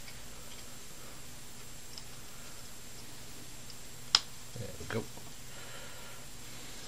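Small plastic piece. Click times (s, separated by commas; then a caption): 4.1 s. A 3D-printed piece of a mechanical puzzle is pushed into place in the partly assembled puzzle and snaps home with one sharp click at 4.2 seconds. Softer handling sounds follow near 4.6 to 5.0 seconds over quiet background. The piece is seated, clicked into position.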